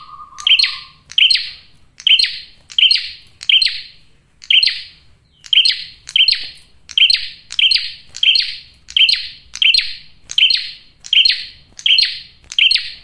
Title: Masteran Duet Cililin Vs Kapas Tembak. PRENJAK JANTAN GACOR SUARA JERNIH, RAPET. " COCOK UNTUK PIKAT MAUPUN PANCINGAN BETINA "